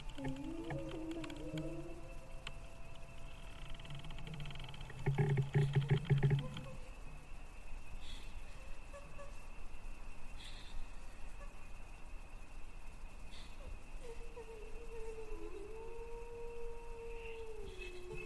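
An eerie cemetery ambience with a ghostly female voice drifting in long, wavering moans and slow sliding tones, strongest near the start and again around fifteen seconds. A brief loud, throbbing surge hits around five to six seconds. A thin high whine hangs steadily throughout.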